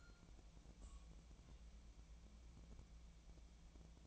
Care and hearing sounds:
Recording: daily activity, microphone in the room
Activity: take from stove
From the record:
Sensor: 1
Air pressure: 1000.0 hPa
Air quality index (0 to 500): 133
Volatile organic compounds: 2 ppm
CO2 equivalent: 1262 ppm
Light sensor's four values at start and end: 38/97/41/50 and 38/97/41/50

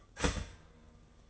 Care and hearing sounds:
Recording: daily activity, microphone in the room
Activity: start toaster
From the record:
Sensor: 4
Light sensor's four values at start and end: 17/56/21/19 and 17/56/21/19

